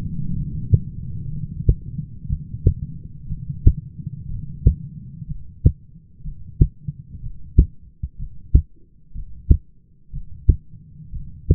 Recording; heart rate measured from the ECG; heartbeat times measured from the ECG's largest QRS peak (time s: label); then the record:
heart sounds by stethoscope; 61 bpm
0.33 s: heartbeat
1.29 s: heartbeat
2.29 s: heartbeat
3.28 s: heartbeat
4.29 s: heartbeat
5.27 s: heartbeat
6.23 s: heartbeat
7.21 s: heartbeat
8.17 s: heartbeat
9.13 s: heartbeat
10.12 s: heartbeat
11.11 s: heartbeat
From the record:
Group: heart failure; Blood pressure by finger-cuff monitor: 95/54 mmHg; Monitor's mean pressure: 67 mmHg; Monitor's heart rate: 61 bpm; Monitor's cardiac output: 7.1 L/min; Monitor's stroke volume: 114 mL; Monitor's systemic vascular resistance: 660 dyn s/cm5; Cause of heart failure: dilated cardiomyopathy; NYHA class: 2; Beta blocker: bisoprolol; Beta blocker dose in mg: 10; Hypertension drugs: sacubitril-valsartan, spironolactone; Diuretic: furosemide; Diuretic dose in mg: 40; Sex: male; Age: 29 years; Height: 174 cm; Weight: 92 kg